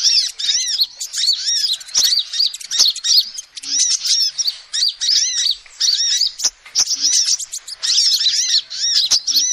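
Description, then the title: Lovebird calls, high squeaky chirping in rhythmic bursts, each made of arched notes, repeating with brief silences between. Lovebird call used as a lure to trap birds. "PIKAT BURUNG LOVEBIRD"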